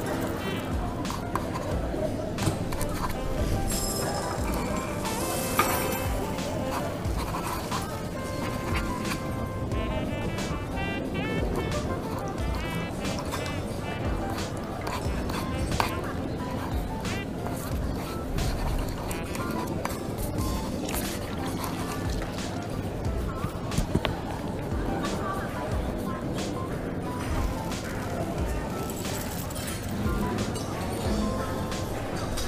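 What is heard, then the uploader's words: Coffee shop ambience with a steady, dense murmur of overlapping voices throughout, no single speaker standing out. Frequent short bright clinks and clatters of cups and dishes cut through, with sharper knocks near 6, 16 and 24 seconds. Coffee shop ambience. Voices. Cutlery.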